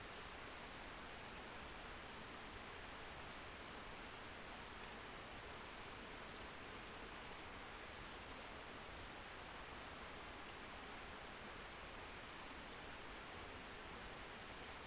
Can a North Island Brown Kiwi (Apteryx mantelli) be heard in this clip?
no